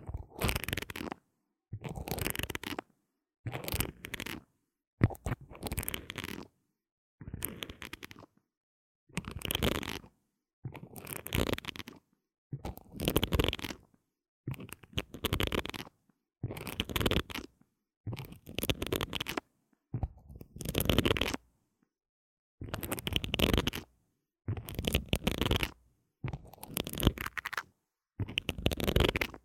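Scratching and rubbing on an earphone microphone comes in short bursts, each about half a second to a second long, separated by brief silences. The bursts repeat fairly regularly, roughly every second and a half, across the whole clip. Each one is a coarse, full, scraping rasp.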